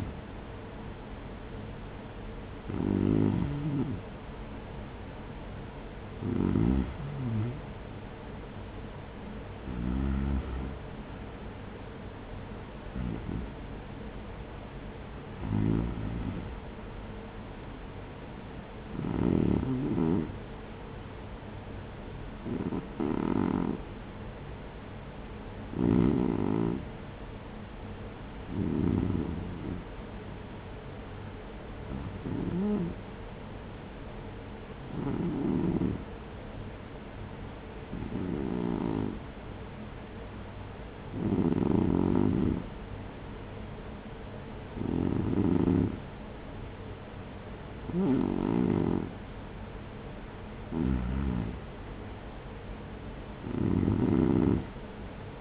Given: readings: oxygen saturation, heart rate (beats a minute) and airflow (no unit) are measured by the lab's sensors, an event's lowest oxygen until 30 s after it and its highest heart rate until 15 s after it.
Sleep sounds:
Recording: breathing in sleep by a voice recorder at the bedside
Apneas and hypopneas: 1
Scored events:
22.00-50.50 s: hypopnea (REM, oxygen 97% highest, then 94% lowest, heart rate 57 at the start, 60 highest)
From the record:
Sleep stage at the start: REM sleep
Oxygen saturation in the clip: 95 to 97%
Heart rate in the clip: 52 to 63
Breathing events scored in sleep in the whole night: 210 in 6.9 hours asleep

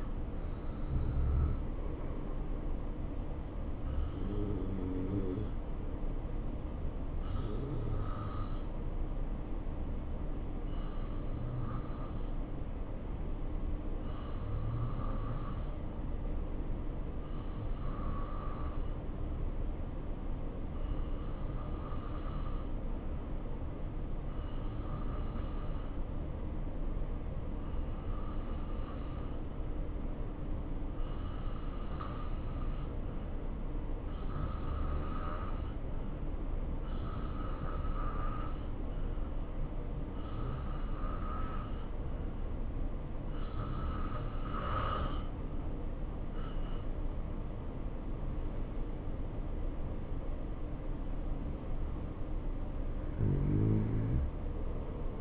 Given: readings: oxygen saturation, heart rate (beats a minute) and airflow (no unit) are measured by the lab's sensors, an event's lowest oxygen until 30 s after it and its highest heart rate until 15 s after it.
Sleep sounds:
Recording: breathing in sleep by a smartphone at the bedside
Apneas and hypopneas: 1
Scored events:
8.00-44.60 s: hypopnea (N2, oxygen 94% highest, then 86% lowest, heart rate 70 at the start, 76 highest)
From the record:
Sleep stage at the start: N2 (light sleep)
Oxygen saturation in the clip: 87 to 94%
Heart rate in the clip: 66 to 76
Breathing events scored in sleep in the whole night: 277 in 7.4 hours asleep

